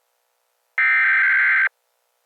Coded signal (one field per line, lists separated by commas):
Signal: Emergency Alert System (SAME) tones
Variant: header bursts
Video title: EAS Scenario #16: The Children Disappearences